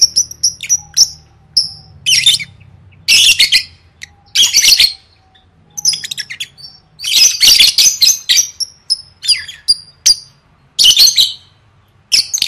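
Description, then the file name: Lovebird calls: scratchy squawks mixed with short thin chirps, loud harsh bursts alternating with quieter gaps. "tieng vet mau don"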